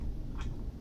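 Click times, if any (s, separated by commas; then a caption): none. The shortest wire's connector is handled at terminal number 1 of a synth module's board. A low rumbling background runs throughout, with a brief, soft, brighter rustle of handling noise around 0.4 s. Nothing has seated or clicked yet.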